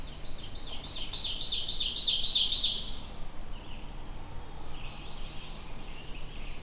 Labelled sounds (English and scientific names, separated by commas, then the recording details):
Ovenbird (Seiurus aurocapilla) song
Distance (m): 15 m
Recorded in boreal forest in Alberta, Canada, on 21 June 2016 at 05:35
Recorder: SongMeter 3, array SBT-6-76
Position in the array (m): 281 m, 100 m
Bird 1